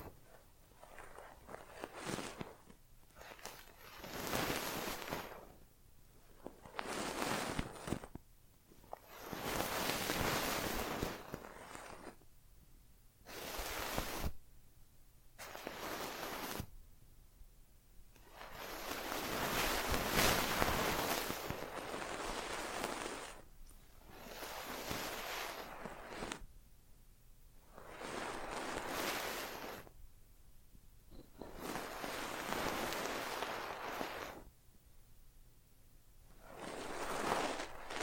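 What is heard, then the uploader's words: Brushing strokes sweep across a surface, each a soft hissing swish of a second or two, repeating every few seconds with short quiet gaps between. A few small sharp taps and clicks fall among the strokes, over a faint steady low hum. ASMR Tiny Mics - Mighty Tingles Mic Testing（No Talking）. Brushing.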